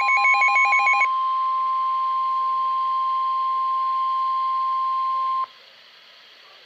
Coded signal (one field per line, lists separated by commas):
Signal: Emergency Alert System (SAME) tones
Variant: 1050 Hz attention tone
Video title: Special Marine Warning (EAS#83)